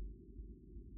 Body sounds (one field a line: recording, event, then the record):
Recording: neck accelerometer signal played as sound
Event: no cough (speech, laughter, throat clearing or background)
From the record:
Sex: male